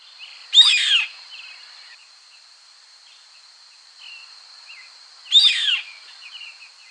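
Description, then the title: Yellow-headed caracara: two harsh, grating screeches several seconds apart over a steady high-pitched drone. "LuckyPassaro Completos2Sama. Yellow-headed Caracara (Milvago chimachima)"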